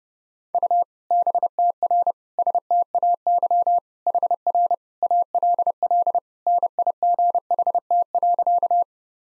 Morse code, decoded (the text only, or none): U BTR STAY HR ALL NIGHT.